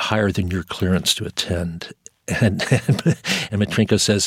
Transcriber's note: laughter